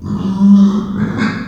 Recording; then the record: squeal of a Yucatan mini pig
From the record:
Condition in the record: after surgery on the right vocal fold (resection and tissue-engineered implant); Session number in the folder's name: 13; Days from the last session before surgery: 113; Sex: female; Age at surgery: 19 weeks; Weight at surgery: 25 kg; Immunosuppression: prednisolone